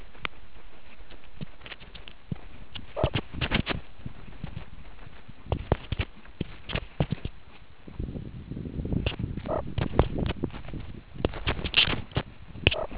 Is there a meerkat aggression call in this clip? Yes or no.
no